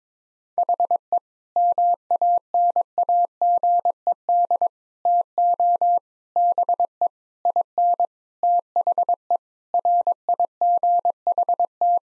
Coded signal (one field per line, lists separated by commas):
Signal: Morse code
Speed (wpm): 22 wpm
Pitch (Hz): 700 Hz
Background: none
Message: HE MANAGED TO BE IN THE RIGHT